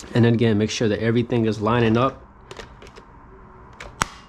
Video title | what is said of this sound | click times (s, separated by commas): Unboxing Fabuletta Vacuum (GoPro POV) | And it's important to hear that click. | 4.0 s